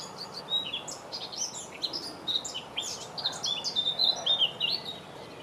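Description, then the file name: Blackcap singing a rich, rapid warble of mixed scratchy and fluty notes, growing louder with clear whistled flourishes near the close, against a constant background hiss. "طائر القبعة السوداء"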